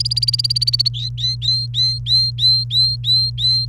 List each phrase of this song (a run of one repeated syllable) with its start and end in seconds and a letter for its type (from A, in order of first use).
0.00-0.89 A, 0.94-3.65 B